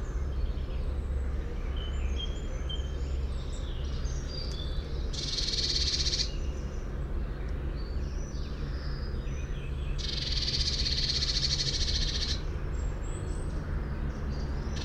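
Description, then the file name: Eurasian blue tit calling with two harsh, buzzy bursts several seconds apart, thin high notes between them, over a constant low background rumble. "Cyanistes caeruleus"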